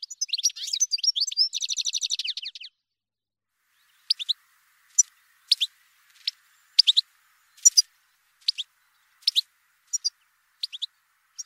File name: Chardonneret-élégant